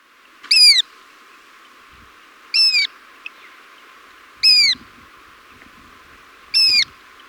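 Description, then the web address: Stout-billed cinclodes giving four short, bright arched notes with stacked harmonics, spaced about two seconds apart, over a quiet background. Ecuador. "Birds of Ecuador. Stout-Billed Cinclodes"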